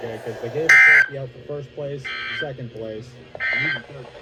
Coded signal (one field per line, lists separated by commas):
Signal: Emergency Alert System (SAME) tones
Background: speech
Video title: The Unusual (EAS 549-573)